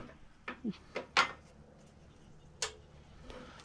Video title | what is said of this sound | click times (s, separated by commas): How to Install Smoked LED Tail Lights on 2016 Ram 1500 | a little click and then you'll be able to slide the locking tab up in place | 2.6 s